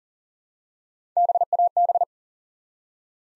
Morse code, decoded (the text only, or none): BAB